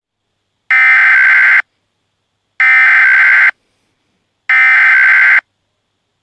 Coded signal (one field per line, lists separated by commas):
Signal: Emergency Alert System (SAME) tones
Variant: header bursts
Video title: EF6 - EAS Scenario (Part 1)